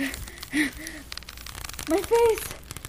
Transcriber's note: breathing fast